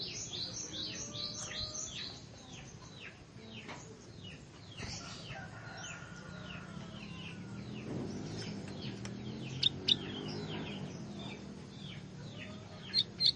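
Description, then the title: Plain Prinia song: a quick run of high chirping notes, then scattered notes, with a low rumble of background noise underneath. "Ciblek Sawah"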